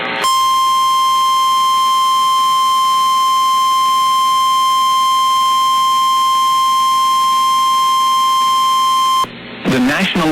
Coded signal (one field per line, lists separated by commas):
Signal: Emergency Alert System (SAME) tones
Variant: 1050 Hz attention tone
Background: speech